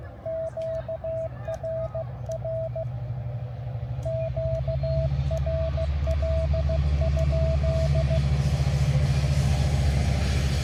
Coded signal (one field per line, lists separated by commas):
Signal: Morse code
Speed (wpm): 16 wpm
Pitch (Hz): 650 Hz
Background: none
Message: QRR QRL?